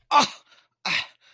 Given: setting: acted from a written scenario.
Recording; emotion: vocal sound without words; anger